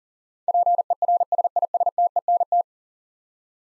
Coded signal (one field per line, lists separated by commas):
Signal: Morse code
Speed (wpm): 37 wpm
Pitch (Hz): 700 Hz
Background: none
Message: PERSISTENT